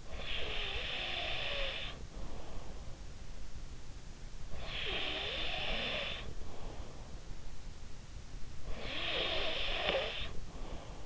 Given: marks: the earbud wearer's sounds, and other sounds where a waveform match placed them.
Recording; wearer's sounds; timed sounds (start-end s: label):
sounds in sleep by an in-ear microphone; snoring breath
0.00-2.81 s: snoring breath
4.52-6.88 s: snoring breath
8.34-11.05 s: snoring breath